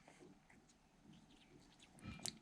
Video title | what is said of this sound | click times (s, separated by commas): Holset H1C Turbo Rebuild - 62mm Compressor Upgrade | your finger around the outside until you hear it snap | 2.3 s